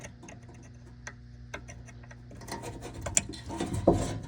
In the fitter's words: I hear it click.